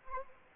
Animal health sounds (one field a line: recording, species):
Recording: mosquito wingbeat signal from an infrared sensor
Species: Anopheles arabiensis